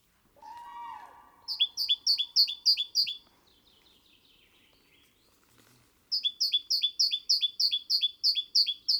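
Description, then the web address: Great tit repeating high double notes in two bursts, preceded by a lower buzzy sound, with a faint softer sound in the gap between them. "SETE data Parus major"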